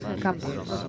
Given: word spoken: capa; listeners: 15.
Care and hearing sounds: one Spanish word in noise, from a listening test; eight-talker babble; 0.9 dB; 2 of 15; 7 of 15; 0.48 s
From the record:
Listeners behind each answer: 7, 2, 2, 1, 1, 1, 1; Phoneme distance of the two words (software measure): 7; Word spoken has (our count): 2 syllables, 4 phonemes, stress on syllable 1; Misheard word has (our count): 2 syllables, 5 phonemes, stress on syllable 1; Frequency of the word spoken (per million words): 31.63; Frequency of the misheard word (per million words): 16.87

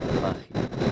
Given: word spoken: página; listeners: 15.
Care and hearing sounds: one Spanish word in noise, from a listening test; noise modulated by three-talker babble; -4.4 dB; 3 of 15; 6 of 15; 0.52 s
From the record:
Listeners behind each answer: 6, 3, 3, 2, 1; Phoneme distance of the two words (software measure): 7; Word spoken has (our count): 3 syllables, 6 phonemes, stress on syllable 1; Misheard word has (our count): 3 syllables, 7 phonemes, stress on syllable 1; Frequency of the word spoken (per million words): 50.83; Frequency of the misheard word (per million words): 79.13

